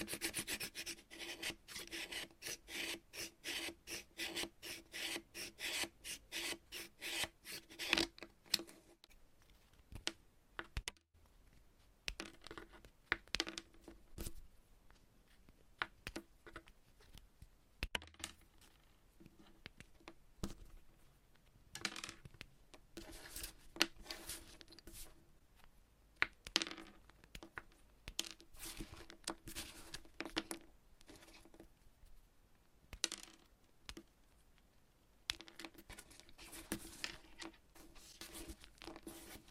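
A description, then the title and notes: Chalk rasps and scrapes in quick, gritty strokes, packed densely through the first nine seconds. After that the sounds turn sparse and irregular, with isolated crisp scratches and short clusters returning near 26, 33 and 37 seconds over a faint, steady low hum. Chalk Cutting. No Talking.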